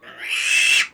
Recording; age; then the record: pig call; piglet (1 to 25 days)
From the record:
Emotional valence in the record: negative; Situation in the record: restrain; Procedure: sham castration, cut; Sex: male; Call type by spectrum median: high-frequency call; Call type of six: high-frequency modulated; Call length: 0.94 s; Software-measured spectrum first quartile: 2554 Hz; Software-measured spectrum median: 3020 Hz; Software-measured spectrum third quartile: 4998 Hz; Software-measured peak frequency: 2666 Hz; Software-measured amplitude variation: 122 dB a second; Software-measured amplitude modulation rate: 20.8 a second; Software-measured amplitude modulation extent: 5.9 dB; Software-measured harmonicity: 3.5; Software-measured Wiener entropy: -2.57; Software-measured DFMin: 1129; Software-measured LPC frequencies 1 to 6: 2069, 2647, 3217, 4297, 5460, 6271 Hz